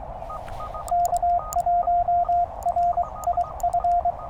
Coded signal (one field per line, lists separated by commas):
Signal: Morse code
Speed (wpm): 23 wpm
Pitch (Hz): 700 Hz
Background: radio noise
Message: K1RIF